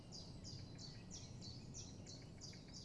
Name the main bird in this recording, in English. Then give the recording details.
Common Chiffchaff. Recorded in Germany. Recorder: ecoPi